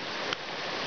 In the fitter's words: you can watch it click all the way up against this that that catches the plate there so